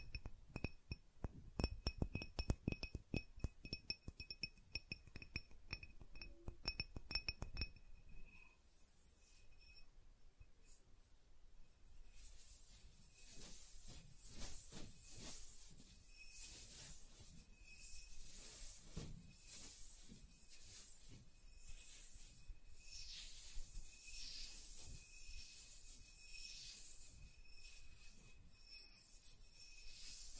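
Soft tracing over surfaces: rapid ticking strokes for the first eight seconds, then a steadier hissing rub with brighter scraping swells and a faint thin tone.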